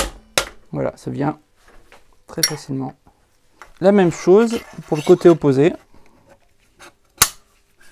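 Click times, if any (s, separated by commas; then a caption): 7.2 s. Someone talks while a metal bearing extractor with an expanding head is inserted from the other side of a bicycle frame's Pressfit bottom bracket shell. A single loud, sharp click at 7.2 s is the extractor snapping into place behind the remaining bearing, confirming it is seated.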